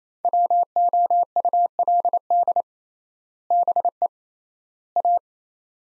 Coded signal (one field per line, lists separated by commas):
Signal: Morse code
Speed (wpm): 28 wpm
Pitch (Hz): 700 Hz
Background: none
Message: WOULD BE A